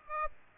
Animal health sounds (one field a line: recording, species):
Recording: mosquito wingbeat signal from an infrared sensor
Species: Aedes aegypti